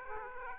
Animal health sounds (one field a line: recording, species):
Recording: mosquito wingbeat signal from an infrared sensor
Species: Aedes aegypti